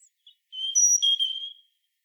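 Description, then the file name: European robin: a thin, drawn-out high whistle held for about a second, slightly wavering, with a faint overtone above. "Erithacus rubecula"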